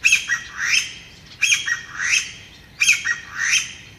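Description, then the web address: Chinese bamboo partridge calling: loud, harsh phrases of sharp notes and rising squawks, repeated about every one and a half seconds. "sikioto birds kojyukei"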